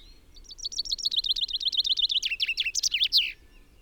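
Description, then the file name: Common chaffinch singing one song: a run of repeated high notes, then a few louder, emphatic end notes, lasting about three seconds. "Fringilla coelebs"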